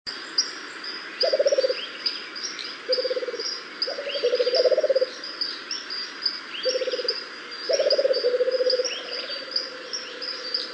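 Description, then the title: Rufous-capped motmot uttering low, rolling, pulsed hoots in short bursts, some overlapping at two pitches, with a longer trill near the end and constant high insect and bird chirping behind. "LuckyPassaro Completos2Sama. Rufous-capped Motmot (Baryphthengus ruficapillus)"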